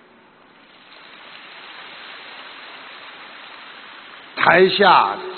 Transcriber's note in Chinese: 掌声